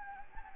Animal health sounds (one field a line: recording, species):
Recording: mosquito wingbeat signal from an infrared sensor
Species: Anopheles gambiae